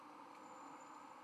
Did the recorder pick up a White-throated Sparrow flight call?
no